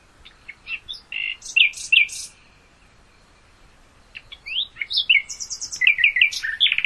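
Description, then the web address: Common nightingale song: varied chirps and sharp notes in short bursts, a quiet gap, then a busier sequence of rapid varied notes. "hoeren nachtigall"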